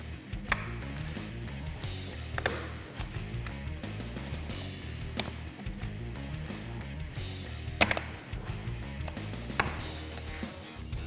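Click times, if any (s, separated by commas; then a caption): 0.5 s, 2.5 s, 5.2 s, 7.8 s, 7.9 s, 9.6 s. A soft top door surround for a 2007-2018 4-door Jeep Wrangler JK Barricade Fastback 2-in-1 Diamond Soft Top is slid into the windshield channel pocket, and its tight snaps are pressed firmly one by one over background music. Sharp snap clicks are heard at 0.5, 2.5, 5.2, 7.8, 7.9 and 9.6 seconds as each snap clicks home, and the door surround is seated.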